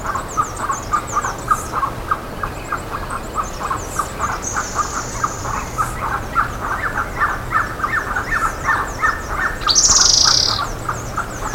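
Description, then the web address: Bird calls: short clipped notes repeated about four times a second, with high thin chirps and a brief high buzzy trill near the end over steady background hiss. "BIRD 2015 SABIOD 50 bird 2015"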